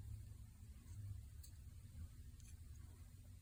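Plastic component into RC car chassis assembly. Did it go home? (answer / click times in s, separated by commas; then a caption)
no / none. A plastic part for a 3 Racing Cero Sport RC car kit is handled and positioned against the chassis during assembly, over a steady low rumble. Faint light ticks come through around 1.4 s and 2.4 s as the part is moved. Nothing has seated or clicked into place yet.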